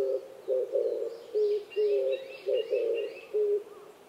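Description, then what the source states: Oriental turtle dove coos in short hoarse phrases, with soft bird chirps faintly behind. Recorded 26 April 2010 at 05:29.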